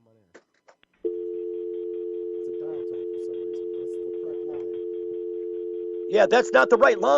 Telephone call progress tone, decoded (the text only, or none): dial tone